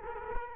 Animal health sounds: mosquito wingbeat signal from an infrared sensor; Culex quinquefasciatus

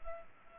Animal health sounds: mosquito wingbeat signal from an infrared sensor; Culex pipiens

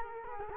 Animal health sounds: mosquito wingbeat signal from an infrared sensor; Culex quinquefasciatus

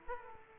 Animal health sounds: mosquito wingbeat signal from an infrared sensor; Aedes aegypti

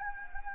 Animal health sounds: mosquito wingbeat signal from an infrared sensor; Anopheles gambiae

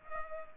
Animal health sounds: mosquito wingbeat signal from an infrared sensor; Culex pipiens

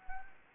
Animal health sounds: mosquito wingbeat signal from an infrared sensor; Anopheles gambiae

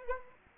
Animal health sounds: mosquito wingbeat signal from an infrared sensor; Anopheles arabiensis

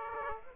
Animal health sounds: mosquito wingbeat signal from an infrared sensor; Aedes aegypti

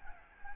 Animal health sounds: mosquito wingbeat signal from an infrared sensor; Anopheles arabiensis

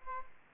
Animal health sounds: mosquito wingbeat signal from an infrared sensor; Aedes aegypti

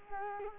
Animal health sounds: mosquito wingbeat signal from an infrared sensor; Culex quinquefasciatus

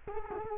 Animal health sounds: mosquito wingbeat signal from an infrared sensor; Culex quinquefasciatus

